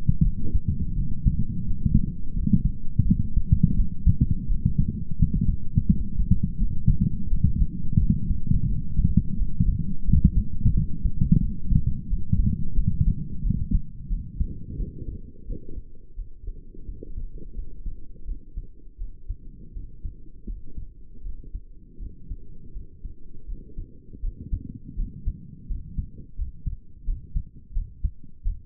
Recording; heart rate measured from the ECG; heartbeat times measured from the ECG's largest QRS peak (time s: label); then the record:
heart sounds by stethoscope; 85 bpm
0.25 s: heartbeat
0.97 s: heartbeat
1.67 s: heartbeat
2.36 s: heartbeat
3.07 s: heartbeat
3.78 s: heartbeat
4.49 s: heartbeat
5.20 s: heartbeat
5.90 s: heartbeat
6.61 s: heartbeat
7.31 s: heartbeat
8.01 s: heartbeat
8.70 s: heartbeat
9.39 s: heartbeat
10.07 s: heartbeat
10.75 s: heartbeat
11.42 s: heartbeat
12.10 s: heartbeat
12.77 s: heartbeat
13.45 s: heartbeat
14.11 s: heartbeat
14.79 s: heartbeat
15.48 s: heartbeat
16.18 s: heartbeat
16.88 s: heartbeat
17.57 s: heartbeat
18.28 s: heartbeat
19.00 s: heartbeat
19.76 s: heartbeat
20.48 s: heartbeat
21.25 s: heartbeat
22.01 s: heartbeat
22.76 s: heartbeat
23.48 s: heartbeat
24.23 s: heartbeat
24.98 s: heartbeat
25.70 s: heartbeat
26.39 s: heartbeat
27.07 s: heartbeat
27.75 s: heartbeat
28.45 s: heartbeat
From the record:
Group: healthy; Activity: light exercise 0-19 s, rest 19-29 s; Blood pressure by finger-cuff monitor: 135/68 mmHg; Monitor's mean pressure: 84 mmHg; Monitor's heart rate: 86 bpm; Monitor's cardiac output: 8.4 L/min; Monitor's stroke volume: 98 mL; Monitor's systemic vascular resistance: 730 dyn s/cm5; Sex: male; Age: 22 years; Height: 181 cm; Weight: 79 kg